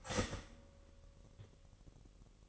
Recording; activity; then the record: daily activity, microphone in the room; start toaster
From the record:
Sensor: 4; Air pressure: 1002.9 hPa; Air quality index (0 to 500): 242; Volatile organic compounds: 18 ppm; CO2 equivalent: 2625 ppm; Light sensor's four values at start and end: 20/68/25/25 and 20/67/25/24